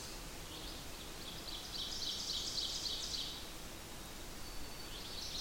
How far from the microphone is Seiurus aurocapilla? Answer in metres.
about 75 m